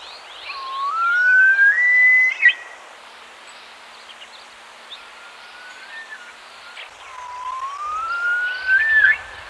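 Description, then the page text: Himalayan Snowcock calling, long whistled notes sliding upward and ending in a sharp flourish, given twice with fainter whistles between. "Himalayan Snowcock Call - Quick Sounds"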